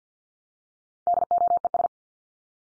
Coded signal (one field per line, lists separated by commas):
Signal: Morse code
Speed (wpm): 50 wpm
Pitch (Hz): 700 Hz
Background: none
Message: DOES